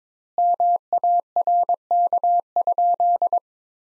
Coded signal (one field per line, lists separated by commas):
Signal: Morse code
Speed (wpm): 22 wpm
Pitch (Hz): 700 Hz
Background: none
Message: MARK?